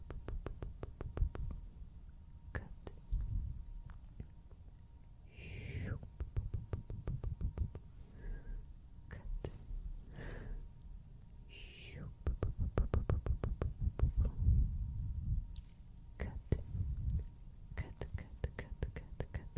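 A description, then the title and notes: Mouth sounds and hand movements: soft wet clicks and pops tick through the whole twenty seconds, some in quick bursts. Low rustling rubs swell and fade underneath, with a few brighter breathy swishes near five, ten and twelve seconds, and a faint steady tone throughout. PLUCKING, VISUAL TRIGGERS, MOUTH SOUNDS, HAND MOVEMENTS.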